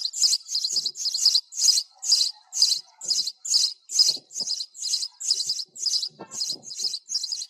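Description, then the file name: Sparrow calls: a steady run of sharp, high chirps, roughly two each second, loud and evenly spaced throughout. Sparrow calling to its flock. "tieng se goi bay"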